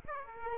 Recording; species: mosquito wingbeat signal from an infrared sensor; Aedes aegypti